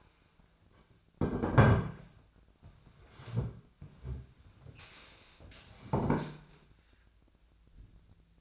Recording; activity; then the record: daily activity, microphone in the room; sit down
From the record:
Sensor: 2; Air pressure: 1007.9 hPa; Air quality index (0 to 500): 180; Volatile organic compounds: 10 ppm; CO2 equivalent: 2211 ppm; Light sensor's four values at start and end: 10/24/10/10 and 10/24/10/10